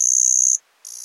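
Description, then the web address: Cicada chirp, a loud steady high buzz for about half a second, a pause, then the buzz resumes. Single cicada. "the sound pack tree. single cicada chirp"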